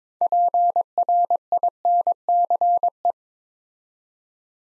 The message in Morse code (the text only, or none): PRINCE